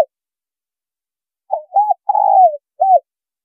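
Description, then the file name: Spotted dove giving one soft coo phrase: two brief hoots, a drawn-out descending coo, then a short closing note, against silence. Female bird. "Tieng cu gay mai"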